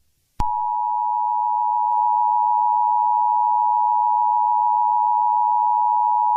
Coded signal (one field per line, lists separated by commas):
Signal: Emergency Alert System (SAME) tones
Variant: 853 and 960 Hz attention tone